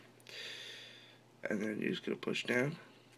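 A new Crucial 8GB SO-DIMM memory stick is handled at an angle over its motherboard slot in a MacBook Pro during a RAM upgrade. A faint tick at 0.2 s is followed by about a second of soft, hissy rustling, and then someone talks. Nothing has seated or clicked yet.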